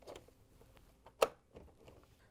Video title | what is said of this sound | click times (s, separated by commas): Whirlpool Dishwasher Electronic Control Board WPW10084141 Replacement — fits KitchenAid/Maytag | Once you have the cover snapped into place, we're going to rotate the control panel up a little bit and open up the door. | 1.2 s